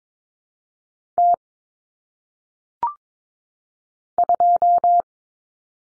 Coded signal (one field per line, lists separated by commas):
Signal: Morse code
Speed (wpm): 22 wpm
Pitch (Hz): 700 Hz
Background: none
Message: T 2